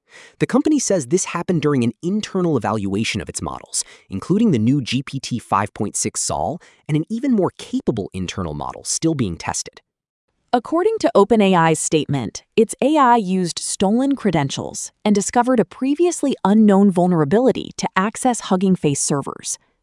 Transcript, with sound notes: The company says this happened during an internal evaluation of its models, including the new GPT-5.6 Sol and an even more capable internal model still being tested.
[thoughtful] According to OpenAI’s statement, its AI used stolen credentials and discovered a previously unknown vulnerability to access Hugging Face servers.